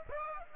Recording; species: mosquito wingbeat signal from an infrared sensor; Aedes aegypti